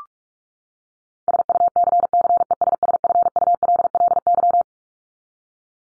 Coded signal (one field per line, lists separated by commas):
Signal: Morse code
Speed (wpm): 44 wpm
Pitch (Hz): 700 Hz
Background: none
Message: SUCCESSFULLY